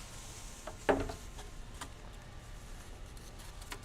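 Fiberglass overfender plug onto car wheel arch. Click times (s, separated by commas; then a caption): 0.9 s. A molded fiberglass overfender plug is pressed onto a car's wheel arch and snaps into place with one sharp, loud snap at 0.9 s, followed by a brief rattling tail. A few faint taps sound before and after over a quiet background, and the plug ends up seated.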